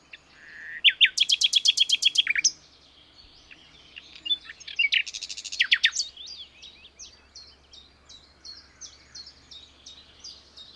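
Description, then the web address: Common nightingale delivering a fast, loud, evenly repeated note series, then a second rapid burst, trailing off into soft regular chirps. "SETE data Luscinia megarhynchos"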